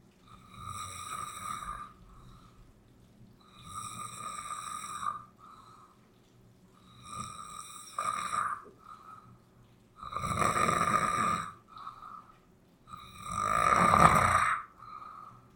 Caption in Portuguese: 10 minutos de roncos e chuva poema material do poeta sonhante.